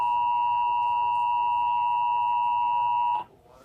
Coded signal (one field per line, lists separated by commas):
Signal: Emergency Alert System (SAME) tones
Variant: 853 and 960 Hz attention tone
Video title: Emergency alert system Child Abduction Alert Original VS BTS Side by Side